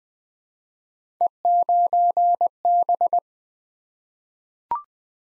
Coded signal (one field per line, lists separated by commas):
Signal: Morse code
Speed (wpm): 20 wpm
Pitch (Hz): 700 Hz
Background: none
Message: E9B